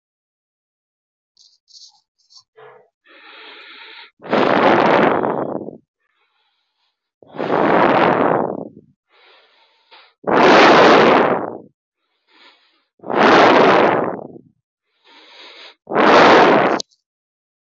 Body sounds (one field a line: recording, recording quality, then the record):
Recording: shallow breathing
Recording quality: excellent, no background noise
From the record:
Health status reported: healthy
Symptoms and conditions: none ticked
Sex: male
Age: 56 years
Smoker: yes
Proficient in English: yes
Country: India